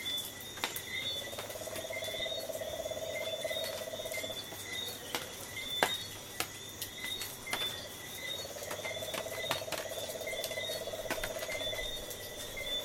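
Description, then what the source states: Insects and tree frogs: two long pulsed trills, each several seconds, separated by a pause, over continuous high thin insect tones and sharp clicks. Coastal soundscape with tree frogs and insects calling together.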